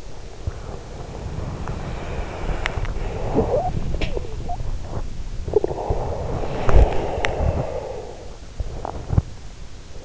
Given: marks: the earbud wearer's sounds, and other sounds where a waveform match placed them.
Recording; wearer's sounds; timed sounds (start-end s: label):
sounds in sleep by an in-ear microphone; body movement, talking in sleep
0.57-10.05 s: body movement
3.20-3.79 s: talking in sleep